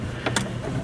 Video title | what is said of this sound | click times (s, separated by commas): EMILY Speed Controller Replacement | until it clicks | 0.4 s